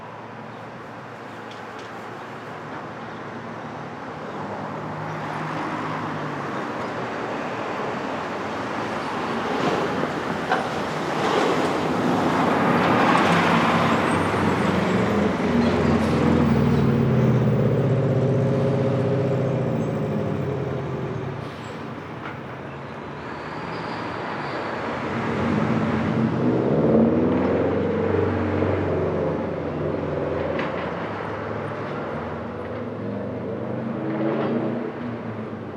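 Street traffic at dawn in Brooklyn, with vehicles swelling past one after another. A loud pass peaks around 12 to 19 seconds with a low engine drone and rising whine, and another builds near 25 to 30 seconds. A steady traffic hum fills the gaps.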